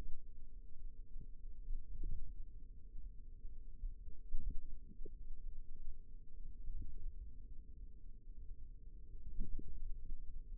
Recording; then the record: forearm muscle sounds (acoustic myography)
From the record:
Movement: hand opening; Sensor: system 2, bracelet of six BSWA MPA416 microphones around the upper forearm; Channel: 3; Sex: female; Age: 22 years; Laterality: right